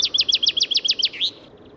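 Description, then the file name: Common chaffinch song ending: several loud, evenly spaced chipping notes followed by a short rising-falling flourish, then quiet. "Fringilla coelebs"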